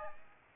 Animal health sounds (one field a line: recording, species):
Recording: mosquito wingbeat signal from an infrared sensor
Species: Aedes aegypti